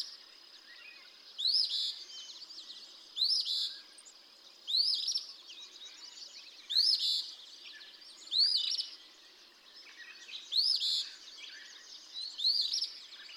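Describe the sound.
Eastern Phoebe repeating its harsh, burry song phrase roughly every one and a half to two seconds.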